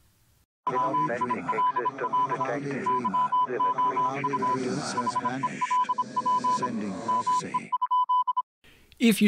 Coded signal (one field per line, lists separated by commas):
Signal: Morse code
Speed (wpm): 26 wpm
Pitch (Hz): 1000 Hz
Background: speech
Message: WILL YOU HELP ME?